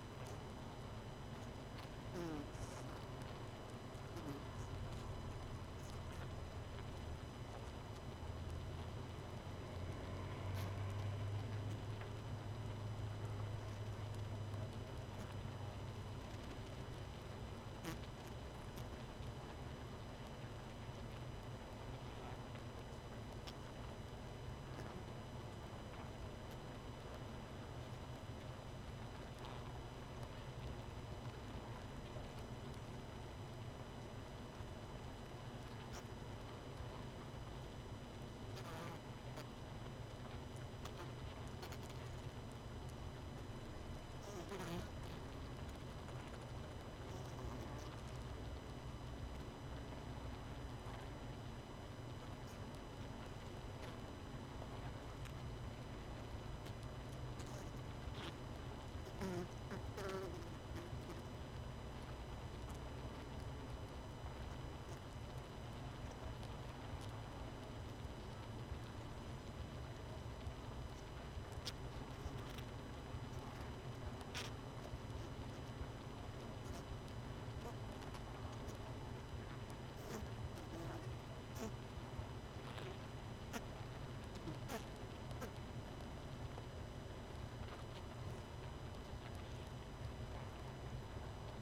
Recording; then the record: honeybee colony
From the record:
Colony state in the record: missing queen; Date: 31 May 2018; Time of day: 19:52